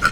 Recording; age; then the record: pig call; piglet (1 to 25 days)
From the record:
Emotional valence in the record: positive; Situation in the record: reunion after long isolation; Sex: male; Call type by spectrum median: low-frequency call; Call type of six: low-frequency tonal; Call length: 0.12 s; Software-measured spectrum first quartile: 1211 Hz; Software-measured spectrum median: 1463 Hz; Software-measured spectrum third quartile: 2521 Hz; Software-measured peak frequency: 1446 Hz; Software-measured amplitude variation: 200 dB a second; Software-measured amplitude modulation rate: 4.2 a second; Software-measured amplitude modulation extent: 47.3 dB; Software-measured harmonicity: 6.1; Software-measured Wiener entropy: -1.82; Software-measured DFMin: 953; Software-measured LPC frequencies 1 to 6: 1397, 2413, 3077, 4223, 5144, 6407 Hz